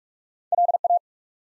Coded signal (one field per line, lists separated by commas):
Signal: Morse code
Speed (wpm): 44 wpm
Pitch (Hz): 700 Hz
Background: none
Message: LA